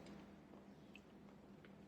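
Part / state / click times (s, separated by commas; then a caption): port extension ring on an underwater camera housing / seated / 1.0 s. A port extension ring for an AOi PEN EPL9/EPL10 underwater camera housing is inserted into the housing mount, over a steady low hum. Its latch pops back up with a sharp click at 1.0 s, followed by fainter ticks at 1.6 and 1.9 s, and the extension ring is seated.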